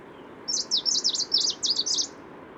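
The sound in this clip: Nitidus song, a quick run of high, thin twittering notes lasting about one and a half seconds, rising and falling rapidly, over a faint steady hiss.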